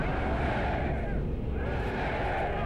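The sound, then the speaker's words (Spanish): A dense, continuous roar of cannon fire at Guayaquil, the booms running together into a steady low rumble, with a mass of voices cheering for Bolívar mixed into the din throughout. “Se oyen cañonazos y vivas a Bolívar.”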